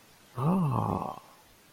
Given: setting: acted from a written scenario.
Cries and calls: vocal sound without words; romantic love

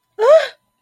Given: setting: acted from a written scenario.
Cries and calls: vocal sound without words; fear

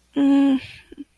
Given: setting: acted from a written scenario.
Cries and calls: vocal sound without words; sadness

